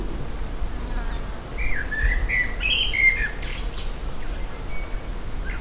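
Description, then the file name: Common blackbird song phrase: a run of mellow fluted notes gliding up and down, finished with a high scratchy twitter, set over a low background drone. "Turdus merula"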